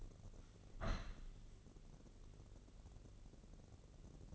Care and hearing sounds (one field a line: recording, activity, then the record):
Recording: daily activity, microphone in the room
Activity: open window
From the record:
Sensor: 4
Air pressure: 1013.1 hPa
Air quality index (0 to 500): 167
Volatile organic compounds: 2 ppm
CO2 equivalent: 1056 ppm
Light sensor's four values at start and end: 45/110/45/44 and 44/106/44/44